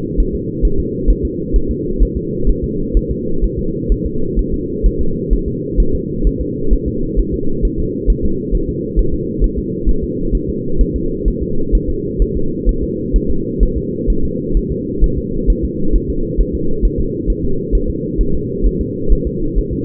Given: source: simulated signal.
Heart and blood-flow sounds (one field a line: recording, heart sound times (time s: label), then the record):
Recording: fetal heart sounds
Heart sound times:
0.20 s: S1
0.35 s: S2
0.65 s: S1
0.80 s: S2
1.10 s: S1
1.25 s: S2
1.56 s: S1
1.71 s: S2
2.03 s: S1
2.17 s: S2
2.50 s: S1
2.64 s: S2
2.97 s: S1
3.11 s: S2
3.44 s: S1
3.59 s: S2
3.92 s: S1
4.06 s: S2
4.39 s: S1
4.54 s: S2
4.86 s: S1
5.01 s: S2
5.33 s: S1
5.48 s: S2
5.80 s: S1
5.95 s: S2
6.27 s: S1
6.41 s: S2
6.73 s: S1
6.88 s: S2
7.20 s: S1
7.34 s: S2
7.65 s: S1
7.80 s: S2
8.10 s: S1
8.25 s: S2
8.55 s: S1
8.69 s: S2
8.99 s: S1
9.14 s: S2
9.44 s: S1
9.58 s: S2
9.89 s: S1
10.04 s: S2
10.35 s: S1
10.49 s: S2
10.81 s: S1
10.96 s: S2
11.28 s: S1
11.43 s: S2
11.75 s: S1
11.90 s: S2
12.22 s: S1
12.37 s: S2
12.69 s: S1
12.84 s: S2
13.16 s: S1
13.30 s: S2
13.63 s: S1
13.78 s: S2
14.10 s: S1
14.25 s: S2
14.57 s: S1
14.72 s: S2
15.04 s: S1
15.18 s: S2
15.50 s: S1
15.65 s: S2
15.96 s: S1
16.10 s: S2
16.41 s: S1
16.55 s: S2
16.85 s: S1
17.00 s: S2
17.30 s: S1
17.45 s: S2
17.75 s: S1
17.90 s: S2
18.21 s: S1
18.35 s: S2
18.67 s: S1
18.81 s: S2
19.12 s: S1
19.27 s: S2
19.59 s: S1
19.73 s: S2
From the record:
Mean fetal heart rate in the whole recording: 130 bpm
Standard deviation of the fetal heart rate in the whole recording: 2 bpm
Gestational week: 36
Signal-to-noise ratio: -8.1 dB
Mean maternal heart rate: 72 bpm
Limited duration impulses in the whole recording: absent